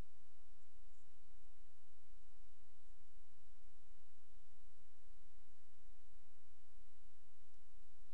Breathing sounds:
nose breathing near a microphone
7.72-8.14 s: inhalation
From the record:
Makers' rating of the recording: medium

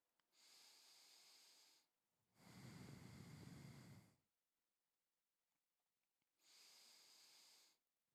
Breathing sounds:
nose breathing near a microphone
0.08-2.13 s: inhalation
2.13-4.33 s: exhalation
6.28-7.88 s: inhalation
7.88-8.15 s: exhalation
From the record:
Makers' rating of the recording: medium

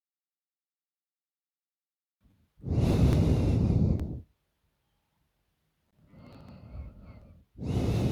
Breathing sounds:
nose breathing near a microphone
0.71-2.52 s: inhalation
2.52-4.14 s: exhalation
5.81-7.51 s: inhalation
7.51-8.11 s: exhalation
From the record:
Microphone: phone

